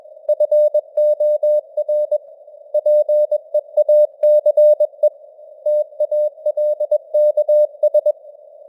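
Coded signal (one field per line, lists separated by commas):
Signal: Morse code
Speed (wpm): 21 wpm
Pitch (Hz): 600 Hz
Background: none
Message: FOR PEACE TALKS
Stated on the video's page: News headlines sent in Morse at 21 wpm with simulated radio noise and varying signal strength (QSB).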